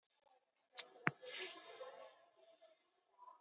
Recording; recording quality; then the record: shallow breathing; poor, much background noise or distortion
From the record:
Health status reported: COVID-19 positive, no symptoms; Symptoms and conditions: none ticked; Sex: male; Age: 29 years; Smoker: not ticked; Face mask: not worn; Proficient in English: yes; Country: India